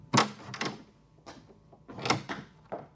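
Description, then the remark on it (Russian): A door is opened and then shut as a man walks out through it, two bursts of rattling, knocking handle-and-latch noise separated by a brief lull, moderately loud with no voices. “Нестор Петрович тоже выходит за дверь.”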